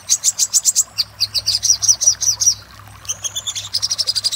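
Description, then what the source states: Little spiderhunter song, a rapid run of high, sharp chip notes in quick bursts, pausing briefly before resuming. Master recording used for training cage birds.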